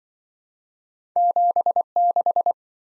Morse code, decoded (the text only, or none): 76